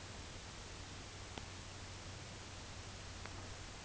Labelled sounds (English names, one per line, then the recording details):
none
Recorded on Arctic tundra, site UTQI-5, on 18 June 2019
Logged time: 20:00